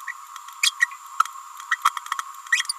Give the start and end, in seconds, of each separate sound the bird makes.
0.06-0.13, 0.62-0.74, 0.80-0.86, 1.71-1.77, 2.51-2.64